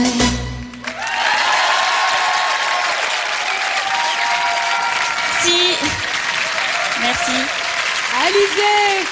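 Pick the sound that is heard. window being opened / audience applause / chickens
audience applause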